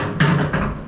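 The metal folding front tray on a VEVOR pellet smoker grill is lifted slightly to free its latch, then drops into the folded position with a loud metallic hit at 0.2 s, followed by a lighter knock around 0.5 s. The latch releases and the tray folds down.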